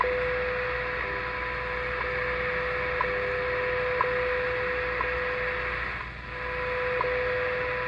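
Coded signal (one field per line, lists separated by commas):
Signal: radio time signal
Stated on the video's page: WWV received on 15 MHz with a Realistic DX-100 shortwave receiver and an end-fed antenna.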